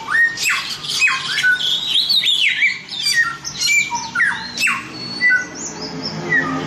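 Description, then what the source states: Chinese grosbeak song: loud whistled notes sliding down in pitch, mixed with harsh squawky bursts and quick chirps, delivered in a continuous, busy stream. Masteran song, used to train other birds to sing; Indonesian name samyong.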